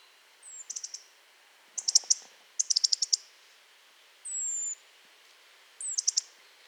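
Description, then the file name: European robin calls: quick bursts of sharp, dry ticks mixed with thin, high, slightly falling whistles, five call groups over about seven seconds, in a quiet background. "Erithacus rubecula"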